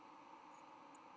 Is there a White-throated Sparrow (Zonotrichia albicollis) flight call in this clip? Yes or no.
no